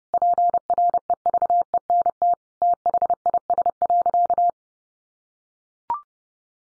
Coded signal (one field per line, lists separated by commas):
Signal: Morse code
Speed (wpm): 30 wpm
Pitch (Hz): 700 Hz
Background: none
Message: PREVENT THIS.